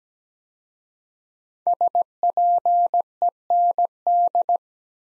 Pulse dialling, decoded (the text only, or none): none